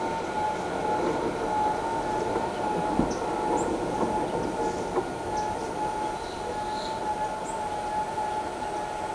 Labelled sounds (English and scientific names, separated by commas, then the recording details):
none
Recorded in shrubland near Pivijay, Magdalena, Colombia, on 14 April 2023 at 17:00
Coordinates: 10.453, -74.365
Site P5-G022